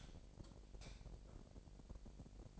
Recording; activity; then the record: daily activity, microphone in the room; light off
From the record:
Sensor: 5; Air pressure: 1012.1 hPa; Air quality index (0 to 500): 248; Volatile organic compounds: 4 ppm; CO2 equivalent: 1664 ppm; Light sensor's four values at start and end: 39/92/38/40 and 38/89/37/39